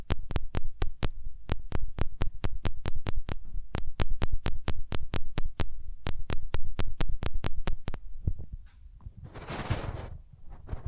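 Hands rub and press over the ears in close-up, making a quick, steady series of sharp thumping taps, roughly four each second, for most of the clip. Near the end the taps stop, and a brief soft, hissy rubbing swish takes over.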